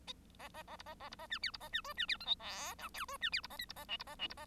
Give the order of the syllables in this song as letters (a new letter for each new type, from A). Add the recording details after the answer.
A A A B A A B A C D B A C E C D F G H I J E C D B A K B A L B A L B A. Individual Bird1